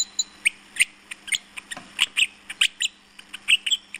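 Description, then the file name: Willie wagtail song of sweet, sharp chirped notes in quick rhythmic pairs, over a faint steady hum. "Willy Wagtail"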